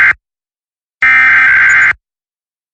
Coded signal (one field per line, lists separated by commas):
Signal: Emergency Alert System (SAME) tones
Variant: header bursts